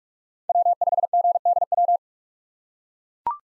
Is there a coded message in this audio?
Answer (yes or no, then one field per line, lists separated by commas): yes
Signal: Morse code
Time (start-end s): 0.5-2.0 s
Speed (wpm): 42 wpm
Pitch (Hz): 700 Hz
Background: none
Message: W5GDW